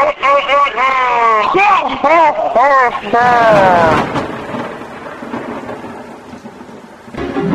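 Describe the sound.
A thunderstorm rumbles with a steady wash of rain, following a few seconds of high, wavering wailing voices. The storm noise gradually thins and fades toward the end.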